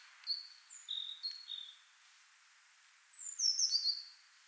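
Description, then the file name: Eurasian blue tit giving high, thin call notes, a few scattered short whistles first, then a descending series of brief notes. "Cyanistes caeruleus"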